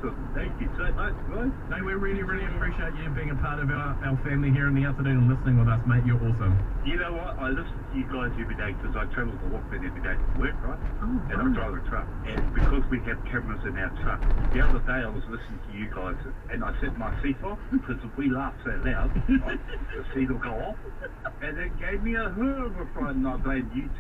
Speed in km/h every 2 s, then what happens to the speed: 48, 48, 48, 48, 48, 47, 47, 47, 46, 45, 45, 43.
0-24 steady at about 47.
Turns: none.